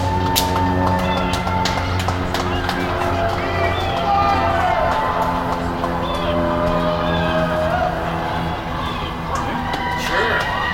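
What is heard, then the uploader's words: Cheering voices rise from the street below and from neighbors at their windows, heard from several floors up. The sound is dense and steady, a continuous mix of shouts, whistles and calls. Low hum runs underneath throughout, and sharp claps or bangs break through now and then. Sounds of Cabrini Blvd, Washington Heights, New York City, as word of Joe Biden and Kamala Harris's election became known. Cheers from the street and from neighbors at their windows as recorded from the fifth floor.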